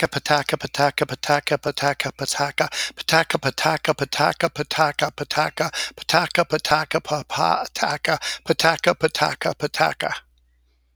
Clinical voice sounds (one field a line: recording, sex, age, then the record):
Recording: repeated syllables /pa ta ka/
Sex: male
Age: 60 to 69 years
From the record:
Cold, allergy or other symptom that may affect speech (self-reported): no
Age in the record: 66 years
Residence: Alabama, United States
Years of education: 19